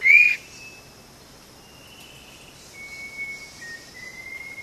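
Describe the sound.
Vogelkop bowerbird giving one loud upslurred ringing note at the start, followed by thin, drawn-out faint whistles and soft background hiss.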